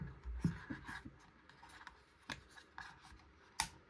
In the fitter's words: or you can fold over I believe it snaps in place now